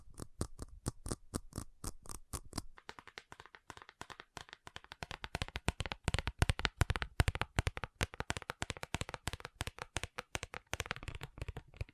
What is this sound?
ASMR Fast Tapping